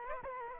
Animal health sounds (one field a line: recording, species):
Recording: mosquito wingbeat signal from an infrared sensor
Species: Aedes aegypti